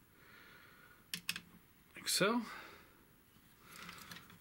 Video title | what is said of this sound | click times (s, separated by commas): Transformers review Gcreations Thunderous | will come up and lock into place like so | 1.1 s, 1.3 s